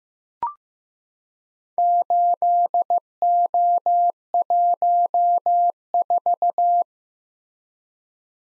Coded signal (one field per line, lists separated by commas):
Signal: Morse code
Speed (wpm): 15 wpm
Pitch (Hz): 700 Hz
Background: none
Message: 8O14